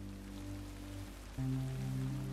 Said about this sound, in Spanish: Y esta lluvia que el autor pone en su obra, luego cómo se refleja, ¿verdad?, en la guitarra, en la melodía y por supuesto también en el texto que canta.